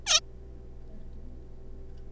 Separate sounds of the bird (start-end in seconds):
0.06-0.20